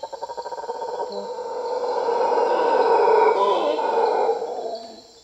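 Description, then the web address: Mantled howler monkey roaring, rapid pulsed grunts building into a long rough sustained howl that fades at the end. South American rainforest. "Natures Songs S America Primates of the Rainforest Mantled howler monkey"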